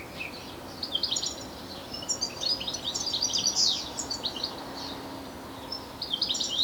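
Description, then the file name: European Goldfinch twittering in sharp, tinkling notes and brief trills, fairly continuous, against light background hiss. "Carduelis carduelis"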